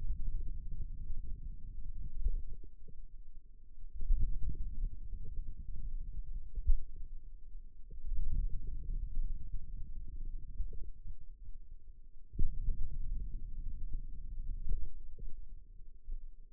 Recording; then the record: forearm muscle sounds (acoustic myography)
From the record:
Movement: wrist extension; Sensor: system 2, bracelet of six BSWA MPA416 microphones around the upper forearm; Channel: 3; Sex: male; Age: 22 years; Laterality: right